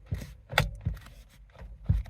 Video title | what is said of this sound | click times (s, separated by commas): How to Remove & Install Steering Wheel in VW PASSAT B5.5! | can you hear a click | 0.6 s